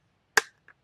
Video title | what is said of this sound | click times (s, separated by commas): Yosuda Indoor Cycling Bike Review - Is This The Best Low Cost Exercise Bike You Can Buy? | Kind of click in there. | 0.4 s